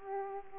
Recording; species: mosquito wingbeat signal from an infrared sensor; Aedes aegypti